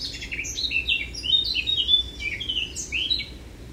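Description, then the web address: Eurasian blackcap in full song, a continuous fast warble of mixed chirps and pure whistled notes over a faint low hum. "SETE data Sylvia atricapilla"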